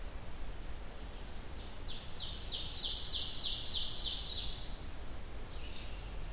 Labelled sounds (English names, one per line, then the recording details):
Ovenbird song
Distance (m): 45 m
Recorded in boreal forest in Alberta, Canada, on 30 June 2016 at 07:10
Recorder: SongMeter 3, array SBT-6-79
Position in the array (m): 215 m, 19 m
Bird 39